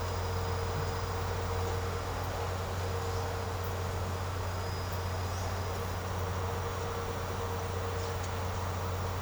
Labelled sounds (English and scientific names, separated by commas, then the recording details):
none
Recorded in secondary vegetation near Puerto Asís, Putumayo, Colombia, on 19 March 2025 at 10:00
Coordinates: 0.468, -76.324
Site G059